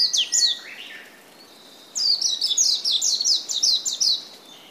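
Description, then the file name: Warbling white-eye twittering, a few brief high chirps, a pause, then a rapid run of thin sweeping notes repeated several times per second. "meziro"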